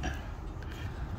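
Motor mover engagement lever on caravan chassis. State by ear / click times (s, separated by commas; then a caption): not seated / none. Someone handles the motor mover engagement lever on the chassis of a 2011 Bailey Orion 430 caravan; pulled round until it locks, it rolls the mover rollers onto the tyre. There is low rumbling handling noise with brief knocks near 0.0, 0.6 and 0.7 seconds. Nothing has locked into place yet.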